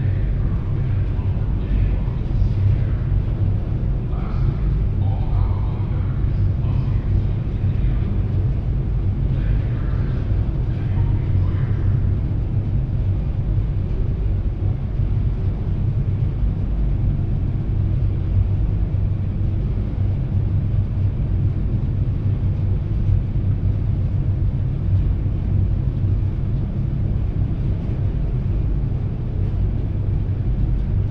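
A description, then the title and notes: Aboard the Seattle–Bainbridge Island ferry, a heavy, steady low rumble of the engines fills the whole recording without letup. During the first twelve seconds, faint voices and brief higher sounds drift over the drone, then only the even engine roar remains. Seattle Inbound Front Passenger Deck Board And Launch Stereo. A days' worth of round-trips on the Seattle-Bainbridge Island Ferry, nearly all short fore-and-aft from then passenger and car decks.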